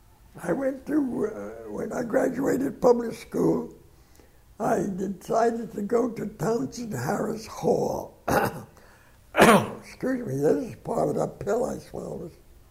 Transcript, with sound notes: I went to, when I graduated public school, I decided to go to Townsend Harris Hall. (coughs) Excuse me, it's part of the pill I swallowed.